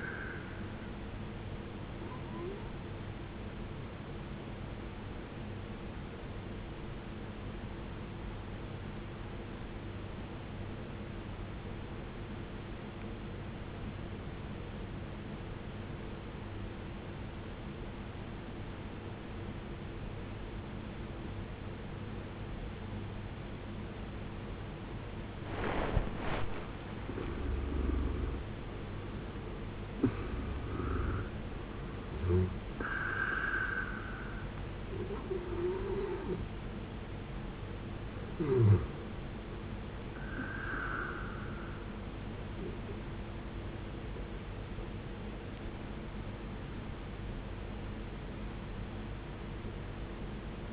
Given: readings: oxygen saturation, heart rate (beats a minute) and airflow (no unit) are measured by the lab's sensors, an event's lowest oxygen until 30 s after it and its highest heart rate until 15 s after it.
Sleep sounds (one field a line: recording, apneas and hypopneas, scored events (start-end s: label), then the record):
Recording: breathing in sleep by a voice recorder at the bedside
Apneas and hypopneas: 1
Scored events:
7.00-25.40 s: obstructive apnea (N1, oxygen 93% highest, then 81% lowest, heart rate 54 at the start, 75 highest)
From the record:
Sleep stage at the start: N1 (lightest sleep)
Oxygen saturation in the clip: 78 to 93%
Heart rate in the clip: 54 to 75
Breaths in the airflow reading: 5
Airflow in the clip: -12.1 to 13.7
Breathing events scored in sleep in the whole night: 389 in 6.3 hours asleep